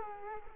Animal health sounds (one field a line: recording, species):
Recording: mosquito wingbeat signal from an infrared sensor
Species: Culex quinquefasciatus